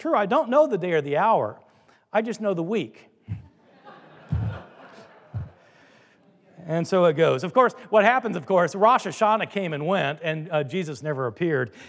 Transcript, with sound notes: I don’t know the day or the hour. “I just know the week.” (audience laughing) And so it goes. Of course, what happens, of course, Rosh Hashanah came and went, and, uh, Jesus never appeared.